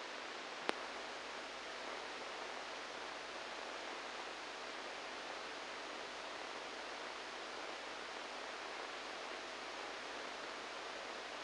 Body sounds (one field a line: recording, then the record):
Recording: brain microelectrode recording played as sound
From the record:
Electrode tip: inside the subthalamic nucleus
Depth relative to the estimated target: 1 mm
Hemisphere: right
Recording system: NeuroSet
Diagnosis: Parkinson's disease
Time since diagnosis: 10 years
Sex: male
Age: 63 years